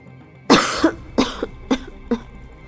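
A run of four harsh, hacking coughs from choking on dust, in quick succession, each a loud rasping burst with a short catch after it, with no talking around them.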